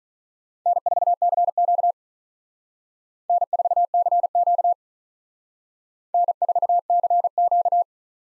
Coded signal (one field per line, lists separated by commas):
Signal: Morse code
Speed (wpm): 41 wpm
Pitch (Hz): 700 Hz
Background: none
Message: N4CQ N4CQ N4CQ